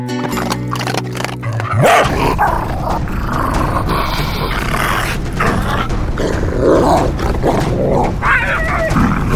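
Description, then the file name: Dogs barking and growling in a dense, continuous, rough stream of sound, after a short steady tonal sound at the start. "Dogs - BOOM Library"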